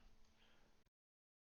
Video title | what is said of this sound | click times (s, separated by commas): Monstrum Tactical 4-12x44 Rifle Scope Product Review | it will not lock into place you have to | none